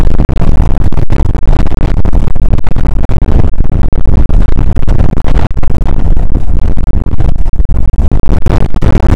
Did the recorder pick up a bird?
no